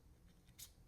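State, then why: Not seated. A watch band end is being slid into the band slot of an Apple Watch Ultra 3 case while the release tab in the middle is pressed down. Faint, brief scraping sounds come around 0.3 s and 0.5 s, with the loudest short burst at about 0.6 s, over a low background hum. Nothing has seated or clicked yet.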